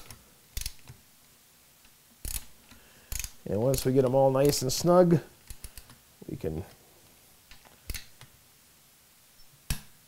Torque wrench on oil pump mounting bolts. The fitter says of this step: there's our wrench click gives us 14 pound feet and